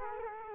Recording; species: mosquito wingbeat signal from an infrared sensor; Culex quinquefasciatus